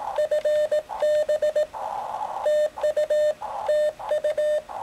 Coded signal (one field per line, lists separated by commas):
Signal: Morse code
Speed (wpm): 18 wpm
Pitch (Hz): 600 Hz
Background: none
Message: FB TU TU